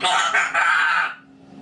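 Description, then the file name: Grey parrot giving a harsh, rasping drawn-out squawk for about a second, then stopping. Grey parrot named Grig, talking. "a vot eto razgovarivaet odna pernataya skotina po imeni grig"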